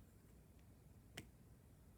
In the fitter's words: there it is make sure you hear that click on your marker when you close it all right friends